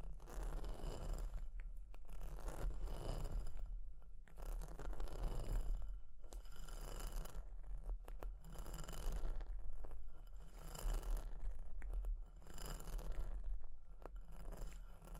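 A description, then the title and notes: Scratching and tapping sounds come in rough, crunchy bursts about every two seconds, each swelling and fading like a stroke across a surface, with sharp clicks and pops scattered through them. A steady low hum runs underneath the whole time. Fire Crackling, Tapping, Scratching.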